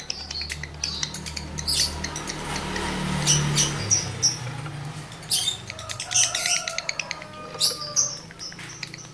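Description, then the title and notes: Lovebird chattering song, fast shrill chirps and twitters pouring out in uneven bursts with short squeaky notes, a low hum running underneath. Male lovebird in breeding condition; its song is used to stimulate other lovebirds to sing. "Birahi Lovebird Jantan ke Gacor. Pancingan Suara Lovebird jantan birahi"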